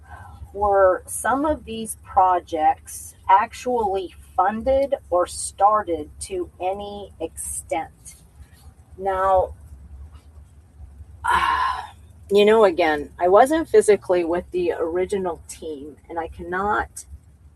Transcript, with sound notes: "Were some of these projects actually funded or started to any extent?" Now, (sighs) you know, again, I wasn't physically with the original team, and I cannot